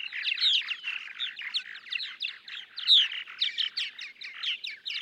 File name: Purple Martin